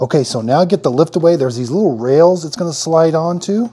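Someone talks while the lift-away canister of a Shark AZ3002 Stratos vacuum cleaner is lined up to slide onto the plastic rails of the vacuum frame. Only speech is heard, with no click. The canister has not seated or clicked yet.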